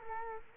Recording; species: mosquito wingbeat signal from an infrared sensor; Culex quinquefasciatus